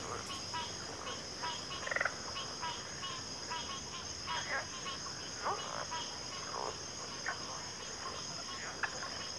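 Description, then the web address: Cricket chorus of steady high droning with scattered short chirp bursts and a few sharper clicks. Cricket chorus recorded at a backwater. "WLL Grade 1-12 Pre-Uni Library Natures Songs Sleep Sounds of Nature CRICKETS Backwater Chorus"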